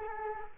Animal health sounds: mosquito wingbeat signal from an infrared sensor; Culex quinquefasciatus

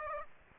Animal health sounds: mosquito wingbeat signal from an infrared sensor; Aedes aegypti

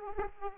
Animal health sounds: mosquito wingbeat signal from an infrared sensor; Aedes aegypti

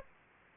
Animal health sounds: mosquito wingbeat signal from an infrared sensor; Aedes aegypti

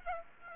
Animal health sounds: mosquito wingbeat signal from an infrared sensor; Aedes aegypti

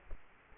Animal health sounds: mosquito wingbeat signal from an infrared sensor; Culex quinquefasciatus

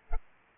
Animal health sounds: mosquito wingbeat signal from an infrared sensor; Culex pipiens

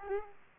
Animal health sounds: mosquito wingbeat signal from an infrared sensor; Aedes aegypti

